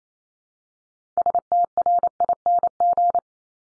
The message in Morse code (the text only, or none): STRING